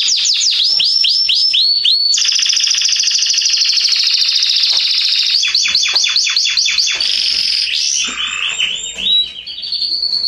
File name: Canary Voice